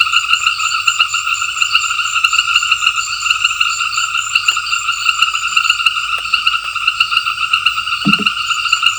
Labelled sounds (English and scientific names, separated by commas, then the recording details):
none
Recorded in secondary vegetation near Puerto Asís, Putumayo, Colombia, on 28 February 2025 at 18:30
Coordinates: 0.498, -76.327
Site G001